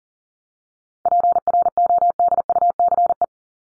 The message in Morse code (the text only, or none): PRODUCE